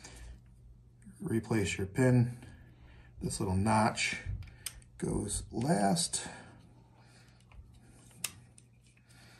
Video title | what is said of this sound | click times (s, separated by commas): How to Clean a .22 Revolver - Ruger Wrangler | When it slides in, this locks in place, that won't come out. | 8.2 s